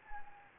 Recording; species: mosquito wingbeat signal from an infrared sensor; Anopheles gambiae